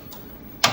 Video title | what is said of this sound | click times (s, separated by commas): Preparing a Logo to Run | and then we got to make sure it locks into place in both spots here and | 0.6 s